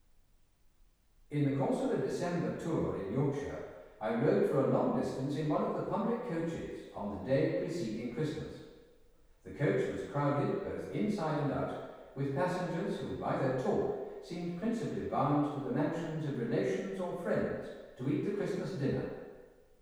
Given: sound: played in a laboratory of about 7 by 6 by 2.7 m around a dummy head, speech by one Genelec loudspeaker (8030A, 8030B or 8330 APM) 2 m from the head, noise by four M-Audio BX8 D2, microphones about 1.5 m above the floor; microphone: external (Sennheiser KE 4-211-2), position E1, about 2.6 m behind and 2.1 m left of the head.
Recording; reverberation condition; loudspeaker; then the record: male speech in English; high; 150 degrees to the right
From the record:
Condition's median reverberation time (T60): about 1300 ms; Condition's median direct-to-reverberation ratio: about -4.0 dB